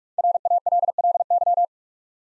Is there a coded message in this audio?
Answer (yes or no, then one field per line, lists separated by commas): yes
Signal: Morse code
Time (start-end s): 0.2-1.6 s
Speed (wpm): 48 wpm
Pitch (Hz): 700 Hz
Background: none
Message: RALLY